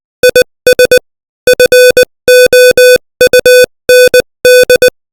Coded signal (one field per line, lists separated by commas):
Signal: Morse code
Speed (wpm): 20 wpm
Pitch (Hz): 500 Hz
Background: music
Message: IS FOUND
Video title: Morse Code 20 WPM : Lampang